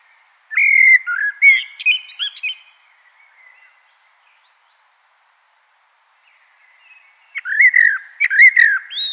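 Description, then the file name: Common blackbird warbling a fluty phrase that trails into high twitters, then after several seconds of silence a second mellow phrase begins. "Turdus merula"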